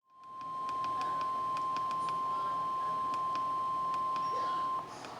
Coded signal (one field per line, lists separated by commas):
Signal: Emergency Alert System (SAME) tones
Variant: 1050 Hz attention tone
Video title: (EAS #571) Required Weekly Test (KEC55)